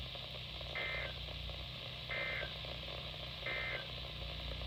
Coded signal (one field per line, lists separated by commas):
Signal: Emergency Alert System (SAME) tones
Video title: Summers not over yet EAS#290-306 8/28/20 - 9/1/20